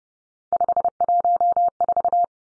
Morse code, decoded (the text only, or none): 514